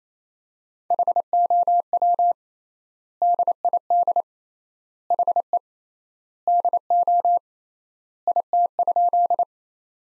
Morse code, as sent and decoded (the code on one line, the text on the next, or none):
.... --- .-- / -.. .. -.. / .... . / -.. --- / .. - ..--..
HOW DID HE DO IT?